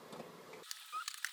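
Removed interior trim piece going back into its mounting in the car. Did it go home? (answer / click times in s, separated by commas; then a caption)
no / none. A removed interior trim piece is being pushed back into its mounting in a 2004 VW Jetta during an LED laser projector shadow lamp door-light install. A low rumbling handling noise gives way to a few sharp knocks and taps, the loudest near 1.2 s. Nothing has seated or popped into place yet.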